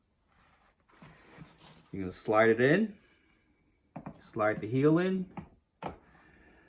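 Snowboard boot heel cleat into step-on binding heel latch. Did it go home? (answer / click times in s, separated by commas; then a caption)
partly / 5.9 s. Someone talks while a snowboard boot heel is slid into the channel of a Burton Step On binding. A short, sharp click at 5.9 s is the boot's heel cleat catching on the first of the heel latch's two latch positions, so the heel is only partly latched.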